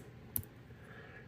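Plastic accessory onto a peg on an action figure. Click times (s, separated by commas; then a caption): 0.4 s. A small plastic accessory piece is pressed onto a nub on a Patriot Studios R.P.D. Depraved Officer (Resident Evil) 1/12 scale action figure. A single sharp click at 0.4 s, followed by a faint tick right after, stands out over quiet background. The accessory pops onto the peg and is seated.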